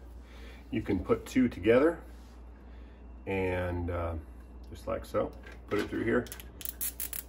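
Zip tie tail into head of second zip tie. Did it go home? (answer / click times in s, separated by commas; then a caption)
yes / 6.6 s, 6.7 s, 7.2 s. Someone talks while the tail of one plastic zip tie is pushed through the head of a second zip tie to join them into a longer tie. The ratchet clicks as it engages at 6.6 s, 6.7 s and 7.2 s, and the two ties are locked together.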